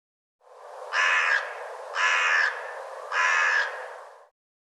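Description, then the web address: Bird calling with three harsh, raspy, drawn-out caws spaced roughly a second apart, each loud and even, over a continuous lower rough drone. "cianscape birddata Deverinetal 2025"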